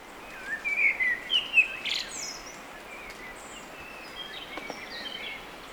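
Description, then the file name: Eurasian blackbird singing a short burst of fluty warbled notes with a thin squeak, then mostly quiet hiss with faint chirps. "Turdus merula"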